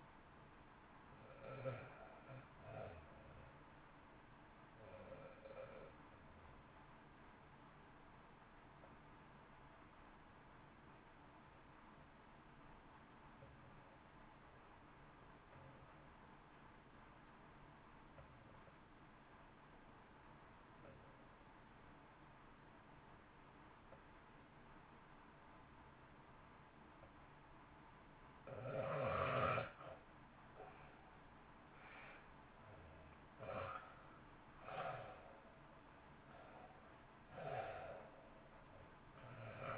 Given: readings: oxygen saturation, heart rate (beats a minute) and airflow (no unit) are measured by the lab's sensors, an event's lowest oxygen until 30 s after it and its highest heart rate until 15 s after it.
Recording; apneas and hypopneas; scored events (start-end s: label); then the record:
breathing in sleep by a voice recorder at the bedside; 1
4.00-39.78 s: new sleep stage, REM sleep
12.00-32.50 s: obstructive apnea (REM, oxygen 92% highest, then 71% lowest, heart rate 55 at the start, 68 highest)
From the record:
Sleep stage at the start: N1 (lightest sleep); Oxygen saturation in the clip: 84 to 93%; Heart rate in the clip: 53 to 68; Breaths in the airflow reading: 5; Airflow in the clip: -0.5 to 1.6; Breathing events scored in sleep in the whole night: 328 in 6.3 hours asleep